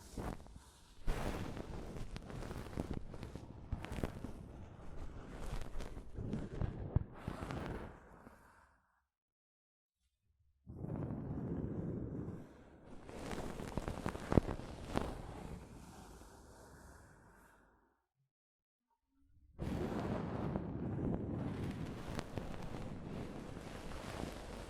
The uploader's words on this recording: ASMR Mic Brushing using Soft Fabric (No Talking).